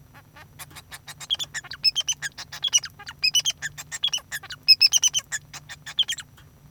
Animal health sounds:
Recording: song of a male Bengalese finch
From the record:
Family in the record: son of father 2

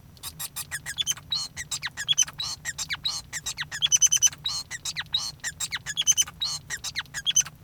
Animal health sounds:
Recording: song of a male Bengalese finch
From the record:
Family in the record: son of father 5

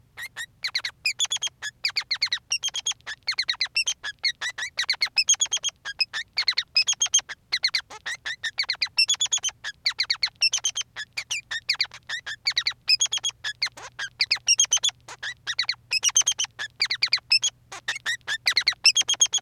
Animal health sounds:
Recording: song of a male Bengalese finch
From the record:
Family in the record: son of father 3

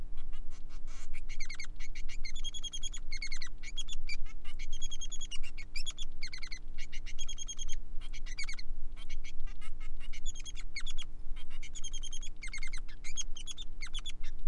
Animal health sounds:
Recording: song of a male Bengalese finch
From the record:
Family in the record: son of father 3

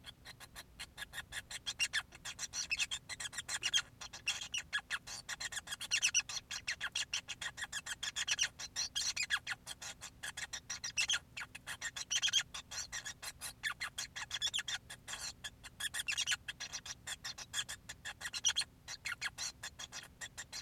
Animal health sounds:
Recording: song of a male Bengalese finch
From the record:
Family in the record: son of father 5

